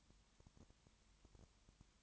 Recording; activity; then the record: daily activity, microphone in the room; no activity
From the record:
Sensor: 3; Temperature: 21.1 degrees Celsius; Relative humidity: 37.0%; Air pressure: 1010.6 hPa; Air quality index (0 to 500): 204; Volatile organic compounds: 31 ppm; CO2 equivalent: 2972 ppm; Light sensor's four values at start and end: 2/3/2/2 and 2/3/2/2